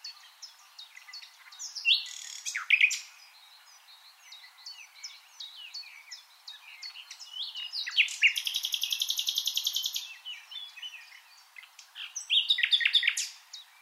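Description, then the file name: Common nightingale song: scattered whistled phrases, then a long, fast, evenly repeated trill lasting about two seconds. "Luscinia megarhynchos"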